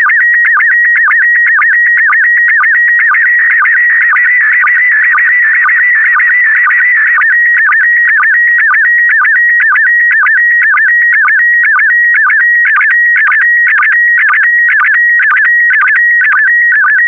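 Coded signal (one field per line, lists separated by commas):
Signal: SSTV (slow-scan television)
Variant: PD120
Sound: warbling whistle near 1.9 kHz with steady sync chirps about twice a second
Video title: (05 of 12) Expedition 67 - ARISS Series 20 Women in Space - Retransmission SSTV PD120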